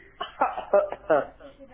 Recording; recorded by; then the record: voluntary cough; telephone call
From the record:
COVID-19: negative